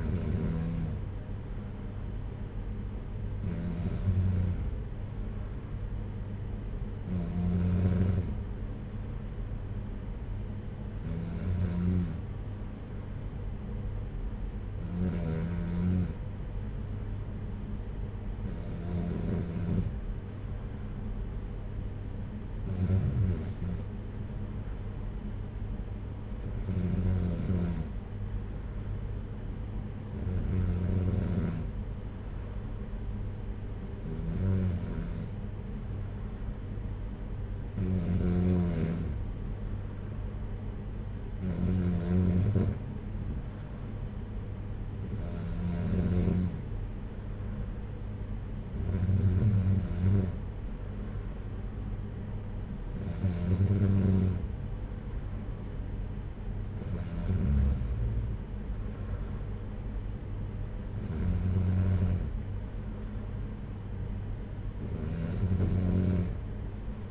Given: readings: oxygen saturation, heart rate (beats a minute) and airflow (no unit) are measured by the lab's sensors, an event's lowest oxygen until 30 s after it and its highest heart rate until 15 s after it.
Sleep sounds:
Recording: breathing in sleep by a smartphone at the bedside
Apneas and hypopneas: none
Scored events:
none scored
From the record:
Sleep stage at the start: N2 (light sleep)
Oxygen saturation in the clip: 93 to 94%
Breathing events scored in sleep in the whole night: 226 in 8.8 hours asleep

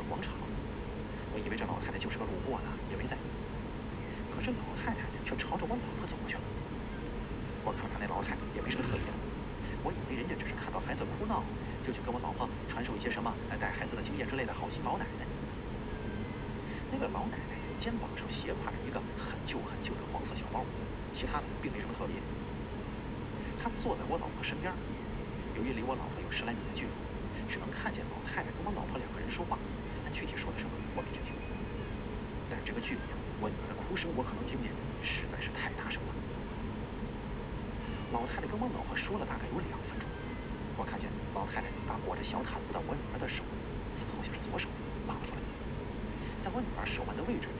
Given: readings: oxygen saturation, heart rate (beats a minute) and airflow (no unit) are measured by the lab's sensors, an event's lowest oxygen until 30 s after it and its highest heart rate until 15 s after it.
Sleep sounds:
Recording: breathing in sleep by a voice recorder at the bedside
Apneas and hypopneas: none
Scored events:
none scored
From the record:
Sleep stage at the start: N2 (light sleep)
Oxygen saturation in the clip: 93 to 95%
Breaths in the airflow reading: 17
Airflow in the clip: -2.3 to 3.5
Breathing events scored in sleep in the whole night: 335 in 6.7 hours asleep

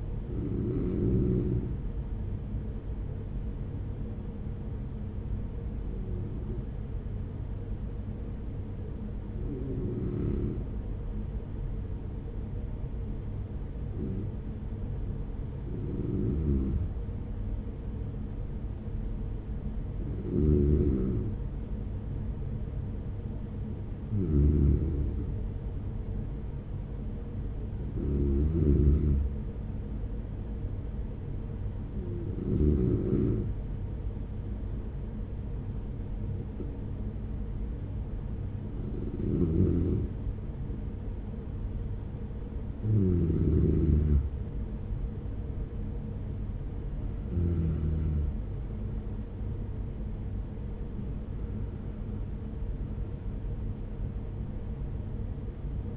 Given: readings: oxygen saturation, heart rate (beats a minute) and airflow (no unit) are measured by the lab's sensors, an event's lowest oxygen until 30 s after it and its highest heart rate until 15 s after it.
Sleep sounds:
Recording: breathing in sleep by a smartphone at the bedside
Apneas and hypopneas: 1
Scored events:
4.00-44.00 s: hypopnea (N2, oxygen 97% highest, then 93% lowest)
5.00-55.96 s: new sleep stage, REM sleep
From the record:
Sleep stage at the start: N2 (light sleep)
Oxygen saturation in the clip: 94 to 97%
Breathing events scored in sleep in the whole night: 210 in 6.9 hours asleep

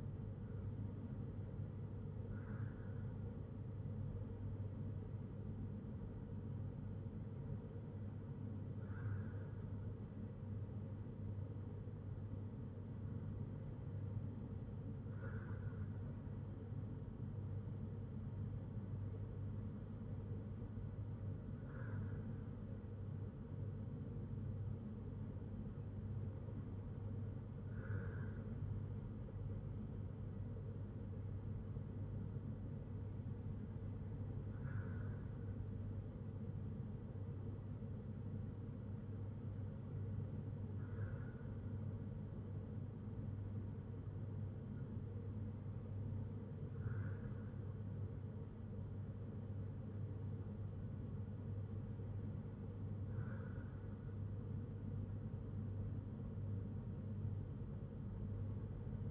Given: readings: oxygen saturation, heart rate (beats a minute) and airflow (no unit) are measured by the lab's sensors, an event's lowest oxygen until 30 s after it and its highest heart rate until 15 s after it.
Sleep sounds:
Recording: breathing in sleep by a smartphone at the bedside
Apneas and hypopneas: none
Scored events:
none scored
From the record:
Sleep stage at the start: N2 (light sleep)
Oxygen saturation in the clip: 94 to 95%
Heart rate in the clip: 60 to 64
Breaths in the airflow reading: 9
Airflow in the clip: -4.1 to 4.4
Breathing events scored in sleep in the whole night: 182 in 7.4 hours asleep

